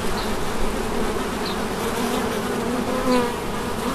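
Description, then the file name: Bees buzzing in a dense, steady drone with a low hum throughout and a brief louder swell near the end. Bees recorded at St Bonnet le Ch on 30 July 2016 with an MZ-N710 recorder. "Abeilles St Bonnet le Ch 30 07 16"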